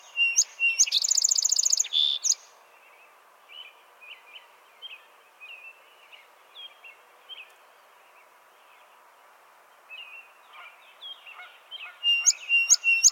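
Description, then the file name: Song sparrow song: a few sharp opening notes, a rapid ringing trill and a buzzy ending, then faint scattered chirps and a new song starting near the end. "Melospiza melodia - Song Sparrow"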